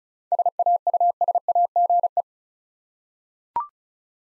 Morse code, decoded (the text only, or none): SAUSAGE